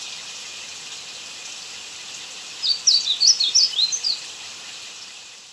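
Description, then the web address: Blue seedeater song, a short rapid series of high twittering notes lasting about a second and a half over a steady hiss. Recorded in Ecuador. "Birds of Ecuador. Blue Seedeater"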